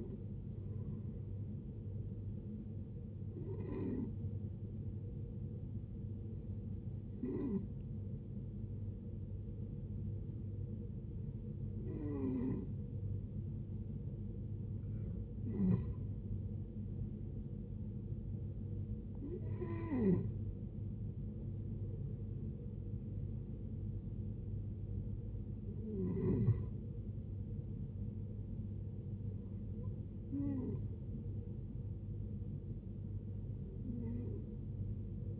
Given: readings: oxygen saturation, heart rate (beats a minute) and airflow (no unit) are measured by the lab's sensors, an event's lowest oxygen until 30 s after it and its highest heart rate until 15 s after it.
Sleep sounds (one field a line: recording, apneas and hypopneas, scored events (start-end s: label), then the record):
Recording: breathing in sleep by a smartphone at the bedside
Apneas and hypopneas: 1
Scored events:
7.00-19.90 s: hypopnea (N1, oxygen 93% highest, then 89% lowest, heart rate 60 at the start, 76 highest)
From the record:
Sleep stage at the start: N1 (lightest sleep)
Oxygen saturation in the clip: 89 to 93%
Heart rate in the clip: 60 to 76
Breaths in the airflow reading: 9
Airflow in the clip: -10.6 to 11.1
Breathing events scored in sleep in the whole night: 389 in 6.3 hours asleep